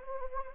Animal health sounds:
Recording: mosquito wingbeat signal from an infrared sensor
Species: Anopheles gambiae

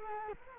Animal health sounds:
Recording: mosquito wingbeat signal from an infrared sensor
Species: Culex quinquefasciatus

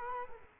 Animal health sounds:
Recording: mosquito wingbeat signal from an infrared sensor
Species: Culex quinquefasciatus

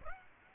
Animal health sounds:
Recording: mosquito wingbeat signal from an infrared sensor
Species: Aedes aegypti

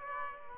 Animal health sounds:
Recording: mosquito wingbeat signal from an infrared sensor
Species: Aedes aegypti

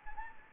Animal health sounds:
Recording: mosquito wingbeat signal from an infrared sensor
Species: Anopheles gambiae

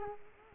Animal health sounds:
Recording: mosquito wingbeat signal from an infrared sensor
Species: Culex quinquefasciatus

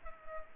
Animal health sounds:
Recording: mosquito wingbeat signal from an infrared sensor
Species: Culex pipiens

